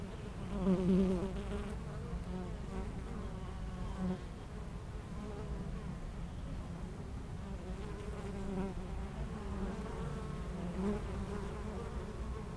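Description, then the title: Honey bees humming in a constant low drone of many wings. Honey bees foraging between two hives of an apiary in Aix-les-Bains, France, making constant trips to flowers. "Aix-les-Bains, France - Les abeilles"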